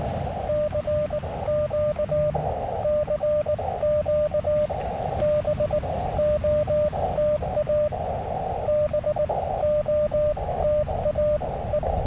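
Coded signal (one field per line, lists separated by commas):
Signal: Morse code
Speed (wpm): 19 wpm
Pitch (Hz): 600 Hz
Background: radio noise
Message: CQ CQ BOTA BOTAE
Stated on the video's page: Morse from a Beaches on the Air activation using a SOTABEAM 10m travel mast.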